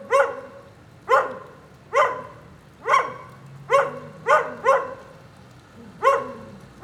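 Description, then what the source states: Dog barking repeatedly, eight barks, a few of them closer together midway. Lone dog in the rain during a thunderstorm at 9a. Avenida 414, Quezaltenango, Guatemala; storm ambience.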